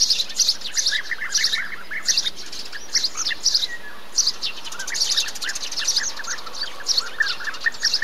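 Bee-eater calls: rapid, rolling notes in clustered runs, with several calls overlapping.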